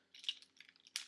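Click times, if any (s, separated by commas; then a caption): 1.0 s. Plastic posts on a transforming toy robot figure are pushed into the ports of another toy robot while combining them. A few small plastic clicks and rattles lead up to a sharp click at 1.0 s, and the posts are seated nicely in their ports.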